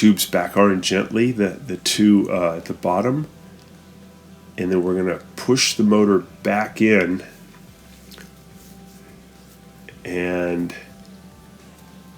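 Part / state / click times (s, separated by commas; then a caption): plastic motor mount into dishwasher frame / seated / 9.9 s. A Miele dishwasher circulation motor is pushed back into place while someone talks, and the plastic mounting piece behind the motor snaps into the plastic frame of the sump. A short, sharp click is heard at 9.9 s, followed by more talking. The motor mount is seated in the frame.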